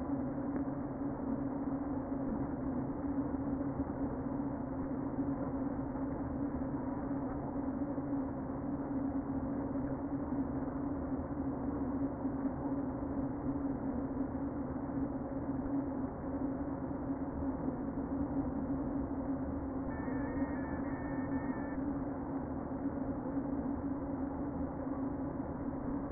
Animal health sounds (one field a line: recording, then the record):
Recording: honeybee colony, microphone inside the hive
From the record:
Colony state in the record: queen present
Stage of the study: before two queens were removed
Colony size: about 60,000 bees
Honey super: yes